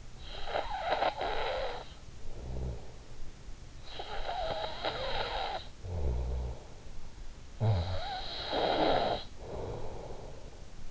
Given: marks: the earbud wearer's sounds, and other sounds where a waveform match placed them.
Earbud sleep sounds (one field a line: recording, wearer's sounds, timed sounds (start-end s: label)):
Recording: sounds in sleep by an in-ear microphone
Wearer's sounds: snoring breath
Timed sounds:
0.00-3.39 s: snoring breath
3.62-10.91 s: snoring breath